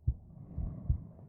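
Dull, low thuds heard close against the chest, with a couple of beats in just over a second under a faint steady hum. These are the heart's own beats.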